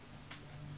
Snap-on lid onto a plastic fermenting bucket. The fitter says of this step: you'll hear it kind of Click into place but just make sure you don't kind of seal them all down you're going to